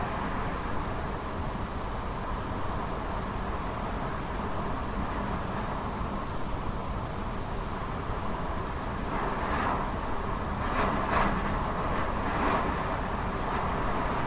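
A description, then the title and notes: Wind roars in a steady, dense rumble that stays level from start to finish, heaviest in the low end. After about nine seconds, a few brief brighter gusts or rattles break through, around the tenth, eleventh and twelfth seconds. This audio track captures the haunting and mesmerizing sound of winds as they howl through landscapes, creating an eerie and otherworldly atmosphere.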